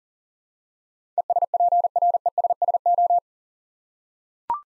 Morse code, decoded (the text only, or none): ESPRESSO